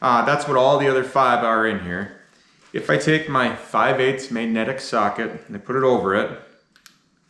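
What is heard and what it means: Someone talks while pushing a 5/8 magnetic socket over a new Bosch spark plug on a Ford Taurus. A few faint, short handling ticks are heard near the end, around 6.8 and 7.4 seconds. Nothing has seated or clicked yet.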